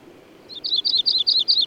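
Bird singing a rapid string of high, paired chirps in quick succession, still going at the end.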